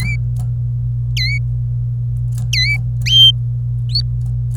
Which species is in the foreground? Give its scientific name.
Serinus canaria